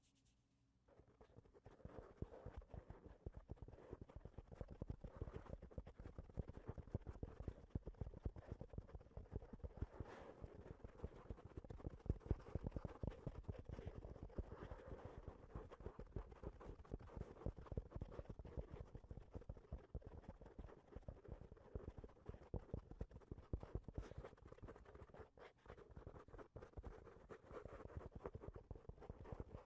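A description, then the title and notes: Microphone touching: dense, rapid scratching and tapping handling noise that starts after a quiet second and continues unevenly to the end. Mic touching.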